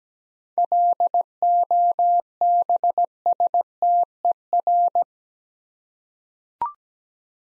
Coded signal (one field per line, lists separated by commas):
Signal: Morse code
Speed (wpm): 17 wpm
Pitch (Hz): 700 Hz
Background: none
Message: LOBSTER